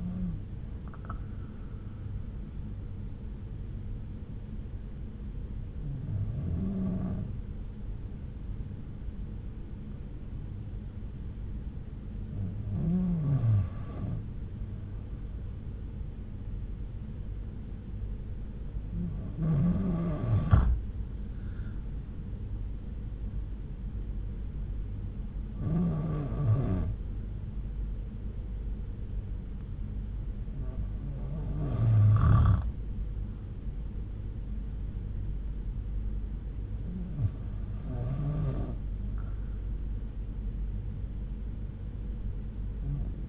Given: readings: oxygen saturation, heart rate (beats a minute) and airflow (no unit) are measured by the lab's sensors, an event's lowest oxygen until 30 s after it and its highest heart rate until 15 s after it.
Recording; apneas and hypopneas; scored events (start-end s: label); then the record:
breathing in sleep by a smartphone at the bedside; 1
3.00-32.30 s: hypopnea (N1, oxygen 95% highest, then 91% lowest)
From the record:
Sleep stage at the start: N1 (lightest sleep); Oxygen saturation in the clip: 90 to 95%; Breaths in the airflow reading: 7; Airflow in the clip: -5.1 to 6.4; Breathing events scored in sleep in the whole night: 368 in 8.0 hours asleep